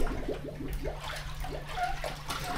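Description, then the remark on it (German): An integrating water sampler is lowered slowly on a long rope into a mesocosm down to 17 metres, continuously drawing in water, giving soft, continuous gurgling and sloshing with occasional bubbly blips over a steady low hum. “Bach lässt das Gerät langsam an einem langen Seil in den Mesokosmos hinabgleiten.”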